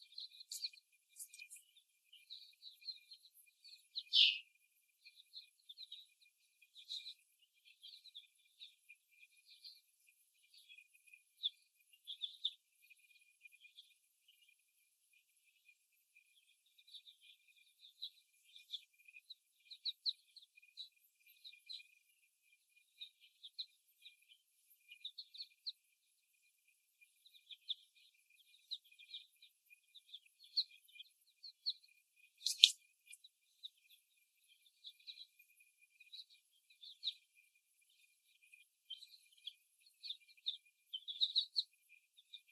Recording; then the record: young laying hens in a cage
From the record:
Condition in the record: after the stressor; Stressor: simulated dog barking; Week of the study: 1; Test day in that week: 1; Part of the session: 2